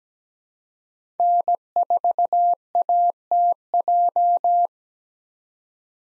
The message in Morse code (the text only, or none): N4ATJ